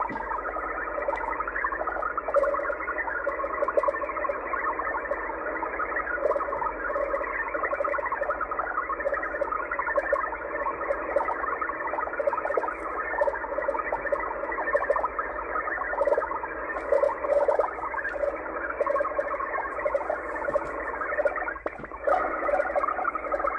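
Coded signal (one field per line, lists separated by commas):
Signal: HF data modem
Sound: steady dense buzzing, warbling data hiss throughout, like a continuous modem roar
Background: radio static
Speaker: there you go uh xpb out of Moscow Russia with a digital transmission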